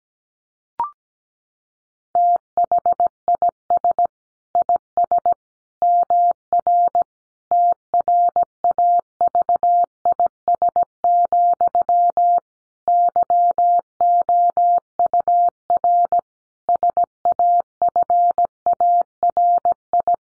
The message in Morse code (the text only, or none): THIS IS MR TRAVIS, YOUR SAFARI